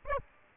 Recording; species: mosquito wingbeat signal from an infrared sensor; Aedes aegypti